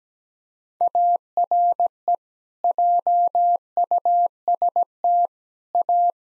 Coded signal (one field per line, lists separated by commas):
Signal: Morse code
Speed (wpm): 17 wpm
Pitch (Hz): 700 Hz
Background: none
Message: ARE JUST A